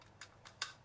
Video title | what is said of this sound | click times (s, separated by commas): VicoVation Vico WF-1 dashcam unboxing and iPhone set up | and you hear that nice snap that's now secure | 0.6 s